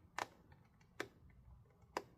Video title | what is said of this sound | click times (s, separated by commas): Lenovo ThinkPad P1 Gen 5 Disassembly Thermal Paste LTT Linus Tech Tips PTM7950 Replacement Repair | Hear it click. 1, 2. Third one. | 1.0 s, 2.0 s